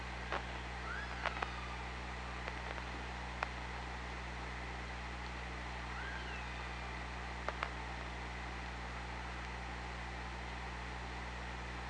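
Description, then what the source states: Killer whale calls: faint upswept and arching tonal calls near the start and again around six seconds, with scattered sharp clicks over a steady underwater hum and hiss. Underwater OrcaLab hydrophone, 24 August 2017, 06:57.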